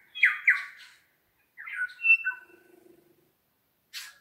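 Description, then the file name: New Zealand bellbird song: a few liquid, ringing notes in a quick pair, then a short phrase of clear bell-like tones, with a sharp click near the end. More than one bird singing in the Craigieburn Range, New Zealand. "New Zealand Bellbirds (Anthornis melanura) singing in Craigieburn Range"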